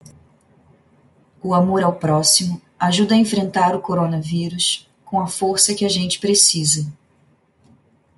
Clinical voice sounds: spoken sentence; Brazilian Portuguese; female; 30 to 39 years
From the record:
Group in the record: control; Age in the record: 36 years

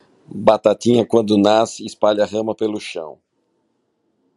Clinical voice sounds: short text; Brazilian Portuguese; male; 50 to 59 years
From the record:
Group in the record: control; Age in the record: 55 years

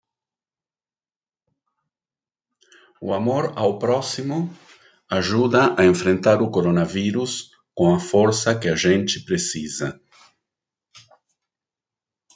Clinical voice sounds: spoken sentence; Brazilian Portuguese; male; 50 to 59 years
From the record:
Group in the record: control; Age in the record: 57 years

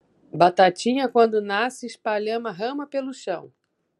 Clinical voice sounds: short text; Brazilian Portuguese; female; 50 to 59 years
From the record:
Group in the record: control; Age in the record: 52 years

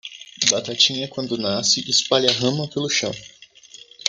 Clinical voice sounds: short text; Brazilian Portuguese; male; 20 to 29 years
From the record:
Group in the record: control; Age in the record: 23 years

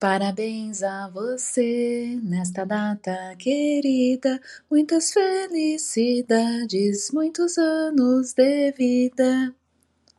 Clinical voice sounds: short text; Brazilian Portuguese; female; 50 to 59 years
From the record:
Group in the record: control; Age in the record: 51 years

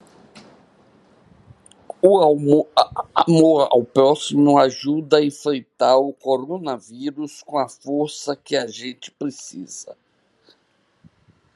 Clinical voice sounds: spoken sentence; Brazilian Portuguese; female; 70 to 79 years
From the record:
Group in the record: control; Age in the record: 75 years

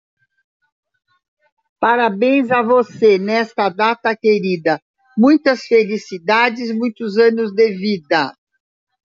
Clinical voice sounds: short text; Brazilian Portuguese; female; 70 to 79 years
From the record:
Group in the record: control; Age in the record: 76 years

